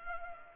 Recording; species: mosquito wingbeat signal from an infrared sensor; Culex pipiens